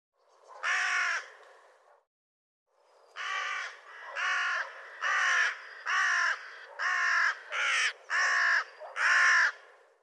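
Bird calling with rough, croaking caws: one call, a short pause, then eight harsh calls at a steady pace of roughly one per second.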